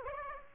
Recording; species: mosquito wingbeat signal from an infrared sensor; Aedes aegypti